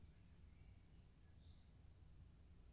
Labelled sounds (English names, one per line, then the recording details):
Common Chaffinch
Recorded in Germany
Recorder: ecoPi